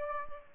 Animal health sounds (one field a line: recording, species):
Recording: mosquito wingbeat signal from an infrared sensor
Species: Aedes aegypti